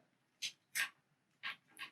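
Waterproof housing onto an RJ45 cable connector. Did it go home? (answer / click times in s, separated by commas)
no / none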